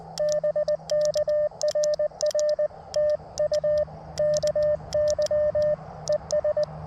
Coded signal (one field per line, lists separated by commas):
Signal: Morse code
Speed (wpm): 20 wpm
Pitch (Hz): 590 Hz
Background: radio noise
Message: BK RR TU KY ES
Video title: A little CW POTA at K-2096 Letchworth State Park